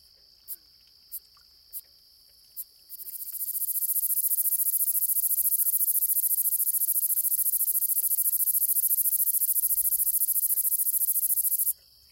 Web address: The Songs of Insects. Gladiator Meadow Katydid